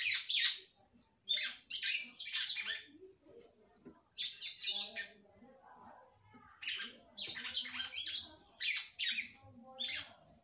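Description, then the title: Red-cowled cardinal song: bursts of rich, slurred whistled and chirpy phrases, mostly high, in groups separated by short pauses. "Galo De Campina"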